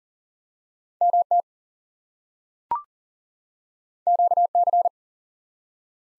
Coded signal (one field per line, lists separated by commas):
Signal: Morse code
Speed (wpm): 41 wpm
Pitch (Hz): 700 Hz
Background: none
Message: MT QC